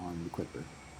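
Someone talks while the cutting blade of an Oster Fast Feed hair clipper is handled and brought to its plastic blade bridge during a blade replacement. Nothing has seated or clicked yet; the blade has not popped into place on the bridge by the end of the clip.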